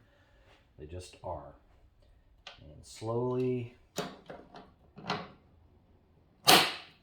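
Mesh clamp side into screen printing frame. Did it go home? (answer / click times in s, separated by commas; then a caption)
yes / 6.5 s. Someone talks while the last short side of a screen-printing click frame is slowly pressed down, with a few soft handling knocks around 4.0–5.1 s. At 6.5 s a loud, sharp snap marks the mesh clamp clicking into place in the aluminium frame, seating that side.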